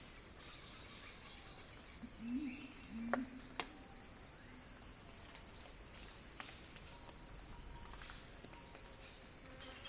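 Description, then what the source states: Cicadas holding an even, high-pitched buzzing drone, with a short low wobbling call and a couple of sharp clicks partway through. Cicada crescendo, recorded by Axel Drioli for Earth.fm.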